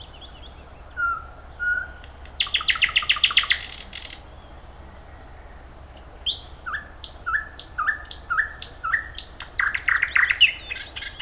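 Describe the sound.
Thrush nightingale song: soft whistles, then a loud buzzy rattle, a repeated series of whistled notes with clicks, ending in a dense harsh trill.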